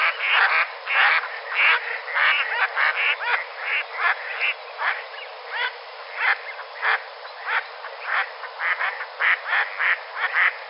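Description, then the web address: Mallard quacks, harsh nasal calls repeated rapidly and unevenly, with a steady hiss underneath. Mallards in flight. "Duck -Mallards. Flying"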